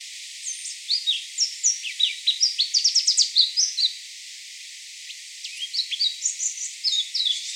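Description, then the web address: Warbling white-eye song, a fast jumble of high twittering notes and quick slurred chirps, pausing briefly before another tumbling phrase. Recorded 10 March 2017. "birdenaga mejiro"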